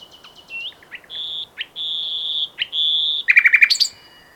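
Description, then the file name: Common nightingale song: varied chirps and several long, pure, level whistles, followed by a fast burst of repeated, rich notes. "Luscinia megarhynchos"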